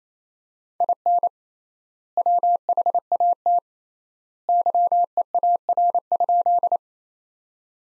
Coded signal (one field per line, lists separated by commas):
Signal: Morse code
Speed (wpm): 27 wpm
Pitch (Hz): 700 Hz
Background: none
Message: IN WHAT YEAR?